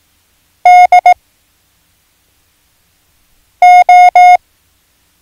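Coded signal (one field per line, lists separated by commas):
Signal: Morse code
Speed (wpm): 18 wpm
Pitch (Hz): 720 Hz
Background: none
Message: DO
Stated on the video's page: Morse code learning lesson introducing letters O, S, C and H.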